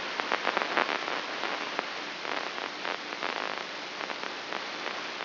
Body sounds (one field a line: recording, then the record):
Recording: brain microelectrode recording played as sound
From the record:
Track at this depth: outside the subthalamic nucleus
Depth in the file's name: 8.704 mm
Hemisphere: left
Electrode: 3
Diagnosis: Parkinson's disease